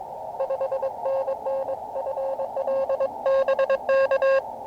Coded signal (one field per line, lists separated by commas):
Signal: Morse code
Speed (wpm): 23 wpm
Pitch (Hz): 540 Hz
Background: none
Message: 5NN FL BK